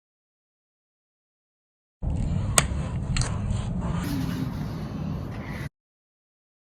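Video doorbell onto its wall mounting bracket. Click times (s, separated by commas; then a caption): 2.6 s. A Blink video doorbell body is lined up at the top, pushed onto its plastic mounting bracket on a stucco wall and slid down until its little hooks catch. Over steady background noise, a sharp click at 2.6 s marks the doorbell seating on the mount, followed by a couple of softer knocks around 3.2 s. The doorbell is locked firmly in place.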